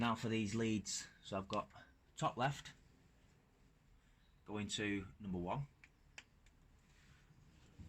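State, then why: Seated. Someone talks while the ignition HT lead for cylinder 1 is pushed onto the top-left terminal of a classic Mini distributor cap. Two short, sharp clicks sound at 5.8 s and 6.2 s as the lead clicks home, and it is seated.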